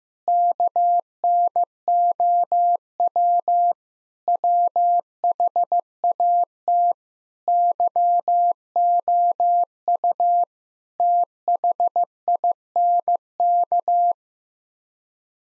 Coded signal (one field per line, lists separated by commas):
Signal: Morse code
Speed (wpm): 16 wpm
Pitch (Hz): 700 Hz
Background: none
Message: KNOW WHAT YOU THINK